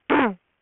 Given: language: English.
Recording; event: throat vibration sensor signal played as sound; throat clearing